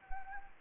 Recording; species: mosquito wingbeat signal from an infrared sensor; Anopheles arabiensis